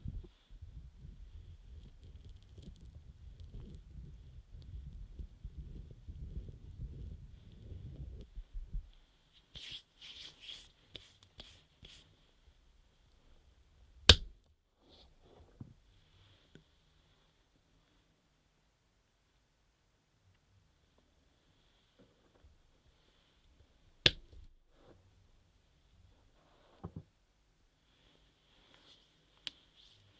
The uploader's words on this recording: ASMR Scrub Ear Massage & Moisturizing Care Rubbing, Stroking, Cleansing, Tapping (No Talking).